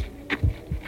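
One deep, muffled double thump, a lub followed by a softer dub, preceded by a faint higher click. It is a single human heartbeat, too short to give a rate, standing as the first sign of human life in a sequence of sounds.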